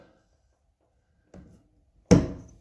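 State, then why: Released. With one hand holding the supply pipe, the stem of a push-pull water shutoff valve under the sink is pulled outward to close it. A faint thunk at 1.3 s is followed by a loud, sharp click at 2.1 s that rings and fades. The valve snaps out to the closed position, leaving about a quarter inch of gap.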